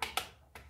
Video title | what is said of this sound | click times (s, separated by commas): Relax ultra tens fizik tedavi ve eloktronik masaj aleti nasıl kullanılır.? | Tık diye oturttuk. | 0.0 s, 0.2 s